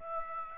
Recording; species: mosquito wingbeat signal from an infrared sensor; Aedes aegypti